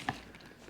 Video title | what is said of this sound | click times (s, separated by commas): #144 SW Motech Pro City Tank Bag Review - Triumph Tiger 900 Rally Pro | So, you hear that click, comes right off. | 0.1 s